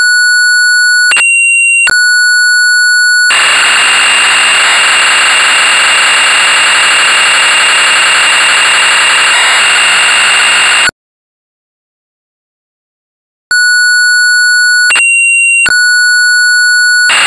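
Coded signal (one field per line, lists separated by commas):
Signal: computer data on cassette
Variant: Amstrad CPC 464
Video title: Castle of the Skull Lord (1984) - Amstrad CPC 464 (Full Tape Rip / Cassette Load)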